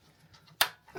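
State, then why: Seated. A part is pushed through into place while fitting a Lifan 110 semi-automatic engine into a Honda C90. After faint, quiet handling noise, a single sharp, bright click rings out at 0.6 s as the part seats, followed by a softer, lower rustling sound toward the end. The part is confirmed seated.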